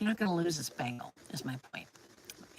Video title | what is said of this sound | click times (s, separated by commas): Diamond Boutique Livestream - QVC - 11-19-25 | Snaps right in there. | 2.3 s